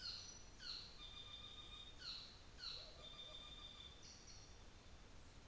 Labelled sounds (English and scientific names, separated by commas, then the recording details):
North Island Saddleback (Philesturnus rufusater)
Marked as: faintness 2/5
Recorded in New Zealand on 24 December 2018
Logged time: 15:45